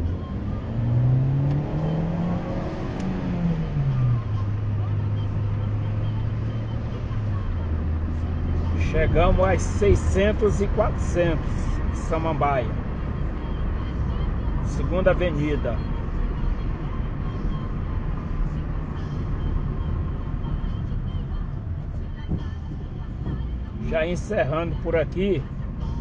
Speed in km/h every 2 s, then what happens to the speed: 43, 40, 44, 49, 50, 49, 46, 44, 40, 38, 18, 15, 23.
3-7 speeds up to 50. 7-21 slows to 15.